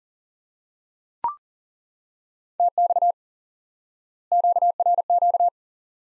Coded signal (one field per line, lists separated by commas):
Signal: Morse code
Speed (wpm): 40 wpm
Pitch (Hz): 700 Hz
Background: none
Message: TX QRQ